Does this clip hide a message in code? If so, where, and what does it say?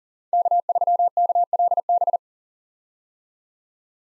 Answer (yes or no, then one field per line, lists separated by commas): yes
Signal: Morse code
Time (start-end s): 0.3-2.2 s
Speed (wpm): 40 wpm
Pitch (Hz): 700 Hz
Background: none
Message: K3KLB